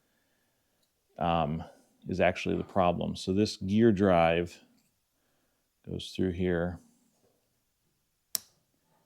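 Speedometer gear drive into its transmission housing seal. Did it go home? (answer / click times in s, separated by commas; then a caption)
yes / 8.4 s. A speedometer gear drive shaft is pushed through its internal seal in the transmission housing of a 43-year-old truck while someone talks. After a pause, a single sharp snap at 8.4 s shows the gear drive has seated in the seal with a good, tight fit.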